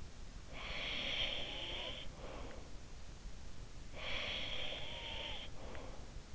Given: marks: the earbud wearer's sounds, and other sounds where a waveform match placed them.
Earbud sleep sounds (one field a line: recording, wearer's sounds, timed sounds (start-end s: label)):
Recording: sounds in sleep by an in-ear microphone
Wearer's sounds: breath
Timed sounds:
0.06-2.95 s: breath
3.64-6.26 s: breath